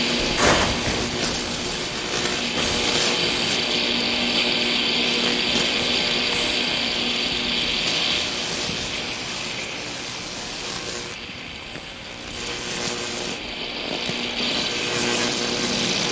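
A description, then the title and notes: A steady electrical buzz and hum from lampposts, Christmas lights, junction boxes and phone masts fills the whole stretch. The drone is dense and bright, with fixed humming tones underneath. It dips slightly around the middle before swelling again, with faint crackling throughout. The Ether picked up the buzzes of lamppost, Christmas illuminations, junction boxes and phone masts. I loaded the samples onto an iPad, treated them with fx and looped clips in Gauss Field Looper.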